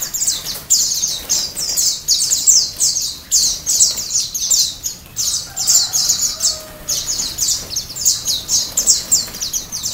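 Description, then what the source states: White-eyes singing in lively bursts of rapid, shrill twitters, separated by short gaps, against a quiet background. Ombyokan-style chorus of many white-eyes singing together, from a masteran (training) recording for cage birds.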